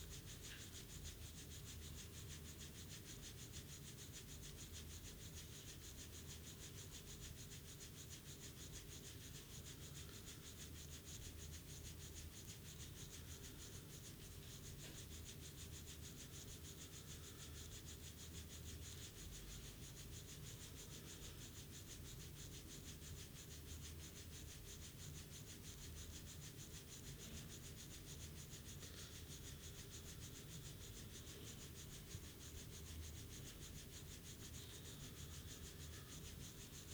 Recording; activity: daily activity, guitar pickup as the sensor; brush teeth